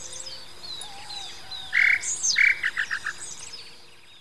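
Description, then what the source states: Tataupa tinamou giving a quick run of short whistled notes that speeds up. Other birds whistle and chirp high-pitched around it. Recorded in Ecuador.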